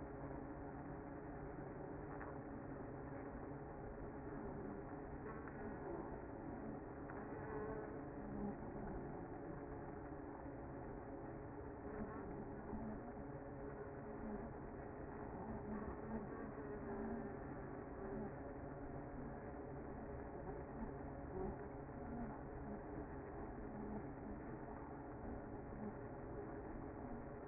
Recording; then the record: honeybee colony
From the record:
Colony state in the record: active